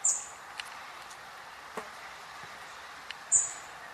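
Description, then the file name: European robin calls: a high, thin piercing note at the start and another after about three seconds, with a few soft clicks between, over background hiss. "Erithacus rubecula"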